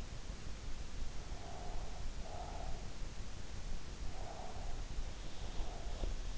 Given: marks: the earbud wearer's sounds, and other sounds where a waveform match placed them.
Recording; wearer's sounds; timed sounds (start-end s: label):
sounds in sleep by an in-ear microphone; breath
1.27-2.96 s: breath
4.13-6.17 s: breath